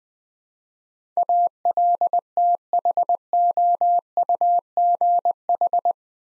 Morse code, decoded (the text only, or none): ALTHOUGH